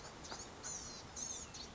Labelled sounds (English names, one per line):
Blue-gray Gnatcatcher